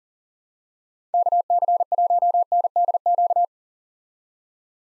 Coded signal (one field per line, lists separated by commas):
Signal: Morse code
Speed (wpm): 40 wpm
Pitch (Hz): 700 Hz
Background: none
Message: KC1NDQ